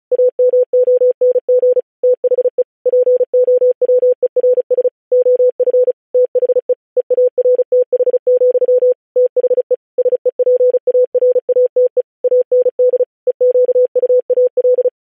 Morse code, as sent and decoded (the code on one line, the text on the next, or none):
.- -- --- -. --. / - .... . / .--. --- .-- . .-. ... / --- ..-. / - .... . / . .- .-. - .... --..-- / - .... . / ... . .--. .- .-. .- - . / .- -. -.. / . --.- ..- .- .-..
AMONG THE POWERS OF THE EARTH, THE SEPARATE AND EQUAL